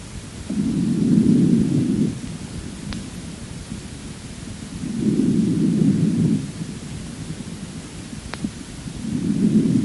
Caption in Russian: Над всеми другими отделами легких в норме выслушивается везикулярное дыхание. Сравните только что услышанный феномен с визикулярным дыханием.